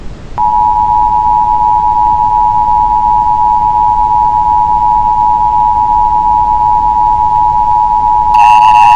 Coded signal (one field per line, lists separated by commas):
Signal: Emergency Alert System (SAME) tones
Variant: 853 and 960 Hz attention tone